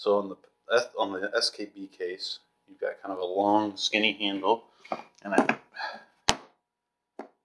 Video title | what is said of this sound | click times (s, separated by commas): Pelican 1510 vs. SKB i3-2011-7DL | clicks into place it kind of has a little bit of something that holds it there and | 6.3 s